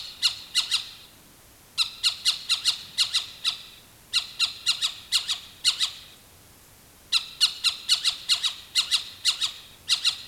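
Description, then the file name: Animal alarm call: grating, rasping notes delivered in quick runs of several, with brief silent gaps between runs. "SLA alarm"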